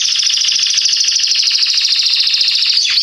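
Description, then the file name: Canary song: a loud, very rapid buzzy trill held steady for nearly three seconds, ending in a couple of quick downward-swooping notes. "Canary Voice"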